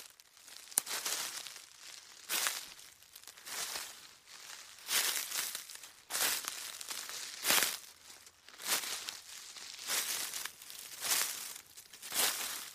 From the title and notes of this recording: Walk peacefully through a tranquil forest, while autumn leaves crunch beneath your feet. Walking on Leaves.